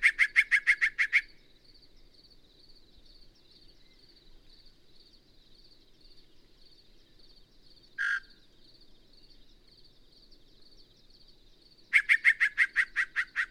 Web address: birdsongforthecurious songs Yellow-breasted Chat